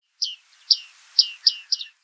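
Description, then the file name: Bearded reedling calls: five high, sharp pinging notes, each dropping quickly in pitch, given in a loose series over two seconds in otherwise quiet surroundings. Recorded at a bird hide. "Wiedekiek - Baardman"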